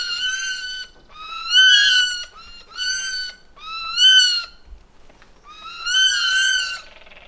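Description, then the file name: Eurasian jay uttering a run of loud, nasal mewing notes, slightly wavering and harmonic-rich, grouped in bursts with short pauses between them. "Garrulus glandarius"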